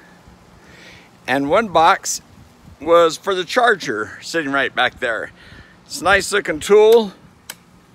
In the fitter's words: snaps right in there, easy as peasy.